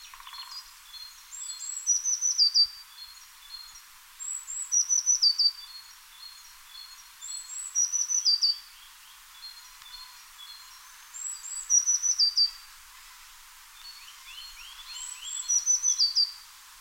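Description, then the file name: Eurasian blue tit song: two thin high notes then a short fast trill of downslurred notes, repeated five times. "Cyanistes caeruleus"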